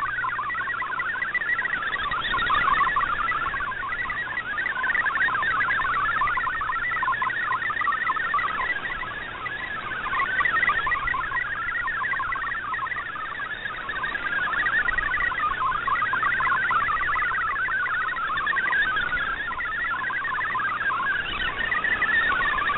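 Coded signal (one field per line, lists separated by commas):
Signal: multi-tone FSK (Olivia or MFSK type)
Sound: rapid burbling stream of quickly changing tones, steady for the whole clip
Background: radio static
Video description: here is my decode of the Shortwave Radiogram broadcast today on 7780Khz shortwave radio at 2030UTC in MFSK32, and 64 with 8 SSTV images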